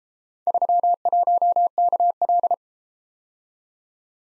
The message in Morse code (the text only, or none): 31KL